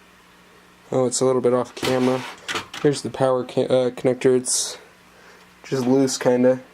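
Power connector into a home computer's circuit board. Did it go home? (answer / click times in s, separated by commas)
no / none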